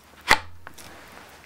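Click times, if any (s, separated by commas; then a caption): 0.3 s. A steel Zombie Tools Diphos sword blade is pushed into its rigid sheath until it retains, snapping into place with a sharp, bright click at 0.3 s. A faint tick follows at 0.7 s over a low steady hum. The sword is seated in the sheath.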